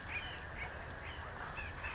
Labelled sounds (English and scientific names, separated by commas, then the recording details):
California Towhee (Melozone crissalis)
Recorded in Sonoma County, California